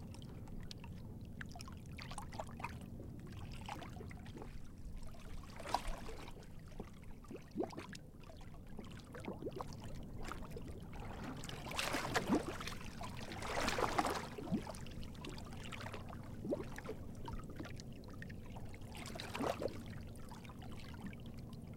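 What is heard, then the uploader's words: Calm water laps against a boat's hull, with soft irregular splashes and slaps arriving every second or two over a steady low rumble. Fuller, brighter sloshes gather around the middle, near twelve to fourteen seconds, then ease back to gentle trickling laps. Calm Water Laps On A Boat. There is something incredibly peaceful about the sound of water lap against the hull.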